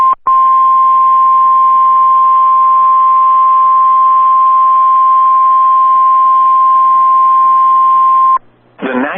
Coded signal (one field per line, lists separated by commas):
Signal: Emergency Alert System (SAME) tones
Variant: 1050 Hz attention tone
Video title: Severe Thunderstorm Warning for Blane, Garfield, Kingfisher, and Major, OK (EAS #110)